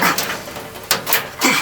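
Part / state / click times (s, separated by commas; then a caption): wiring harness connector into dryer control/switch / seated / 0.9 s. A plastic wiring harness connector is plugged into the dryer's control/switch while the dryer is being reassembled. One sharp click is heard at 0.9 s as the connector snaps into place, and it is seated. Someone talks around it.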